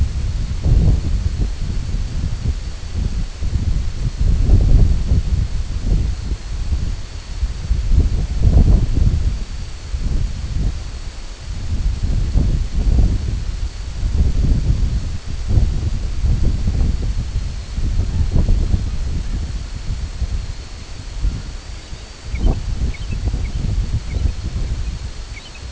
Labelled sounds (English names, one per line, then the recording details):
unidentified sound
American Golden-plover
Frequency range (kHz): American Golden-plover 1.4-4.5 kHz
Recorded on Arctic tundra, site IGLO-D, on 24 June 2018
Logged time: 10:00